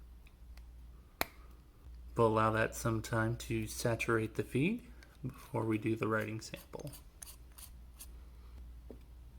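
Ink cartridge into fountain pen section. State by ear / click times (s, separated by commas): seated / 1.2 s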